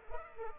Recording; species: mosquito wingbeat signal from an infrared sensor; Culex pipiens